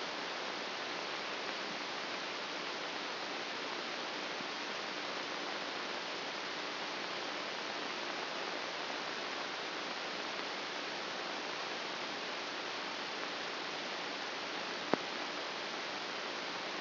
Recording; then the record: brain microelectrode recording played as sound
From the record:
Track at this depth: inside the subthalamic nucleus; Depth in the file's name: 4.503 mm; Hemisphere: right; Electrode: 2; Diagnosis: Parkinson's disease